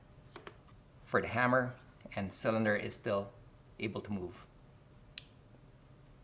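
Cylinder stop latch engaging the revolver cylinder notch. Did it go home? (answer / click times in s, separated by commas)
yes / 5.2 s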